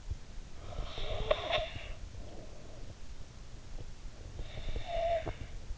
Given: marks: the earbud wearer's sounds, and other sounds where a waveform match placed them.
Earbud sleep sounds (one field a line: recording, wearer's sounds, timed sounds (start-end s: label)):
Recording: sounds in sleep by an in-ear microphone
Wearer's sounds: snoring breath, breath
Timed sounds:
0.48-2.66 s: snoring breath
4.09-5.78 s: breath